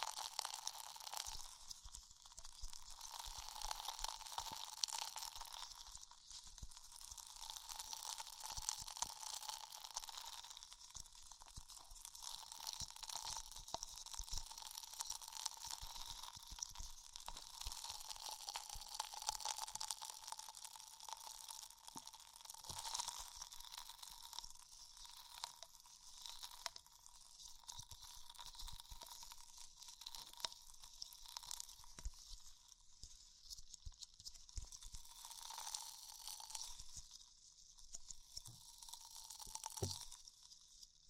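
Extremely tingly ear exploration: a constant stream of fine crackling and crunching with a hissy, bright edge and a faint ringing tone running underneath. Tiny clicks and pops come densely and unevenly throughout, with brief swells around 5, 10 and 36 seconds.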